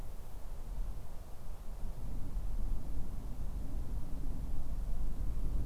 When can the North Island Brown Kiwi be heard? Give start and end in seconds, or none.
none